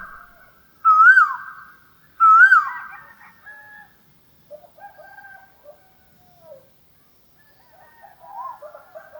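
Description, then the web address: Asian koel giving two loud whistled rising-falling notes early on, followed by softer, varied whistles. "Asian Koel Bird"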